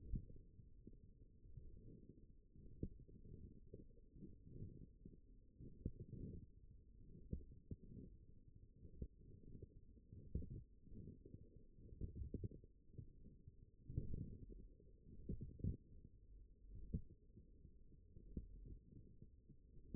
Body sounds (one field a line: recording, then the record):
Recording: forearm muscle sounds (acoustic myography)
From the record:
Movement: forearm supination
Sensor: system 1, eight BSWA MPA416 microphones around the upper forearm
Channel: 7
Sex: male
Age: 42 years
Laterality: right